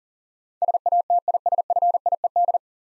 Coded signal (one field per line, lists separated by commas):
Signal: Morse code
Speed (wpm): 40 wpm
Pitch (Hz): 700 Hz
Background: none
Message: SATISFIED